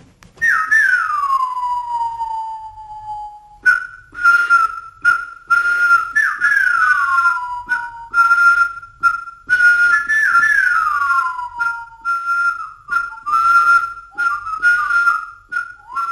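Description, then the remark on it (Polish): Bushmen whistling in imitation of bird calls: repeated high, sliding whistles that swoop downward, mixed with steady held notes and quick trills, continuous and fairly loud, with no talking. “to brzmiało jak ptaki, a tymczasem to buszmeni pogwizdywali i naśladowali odgłosy ptaków”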